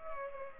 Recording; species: mosquito wingbeat signal from an infrared sensor; Culex pipiens